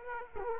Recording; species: mosquito wingbeat signal from an infrared sensor; Aedes aegypti